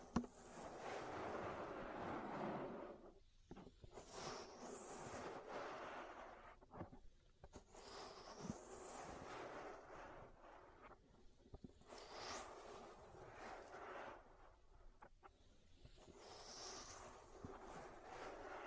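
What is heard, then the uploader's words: Dense rubbing and rustling sounds of an ear massage come in bursts of a few seconds, with brief quiet gaps around every three to four seconds. Bright, airy swishes sweep over the top now and then, above a soft, muffled low rumble. ASMR Relaxing Ear Massage. (No Talking).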